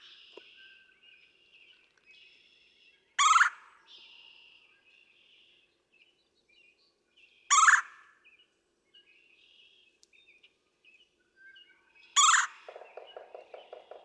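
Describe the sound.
Red-bellied woodpecker sounding three harsh rolling churrs about four and a half seconds apart, over twittering birds and a low rapid buzzing trill near the end.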